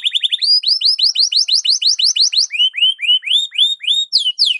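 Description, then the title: Canary song of quick repeated rising whistled sweeps, shifting pitch partway through, bright and continuous with no other sounds. Belgian canary song, presented as morning warm-up singing suited for masteran (song tutoring). "Canto Para Esquentar Canário Belga. SUARA BURUNG KENARI DI PAGI HARI COCOK BUAT MASTERAN"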